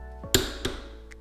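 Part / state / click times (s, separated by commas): click-type torque wrench on motorcycle rear axle nut / torque reached / 0.3 s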